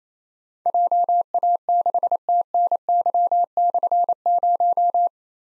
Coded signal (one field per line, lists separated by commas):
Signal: Morse code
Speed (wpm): 28 wpm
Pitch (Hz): 700 Hz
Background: none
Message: JA6TNY/0